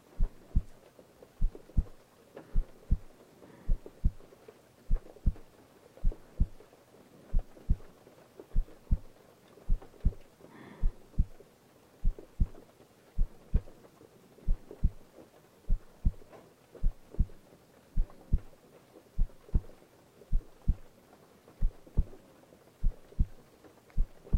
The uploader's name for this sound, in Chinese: 雨夜 心跳 呼吸 白噪音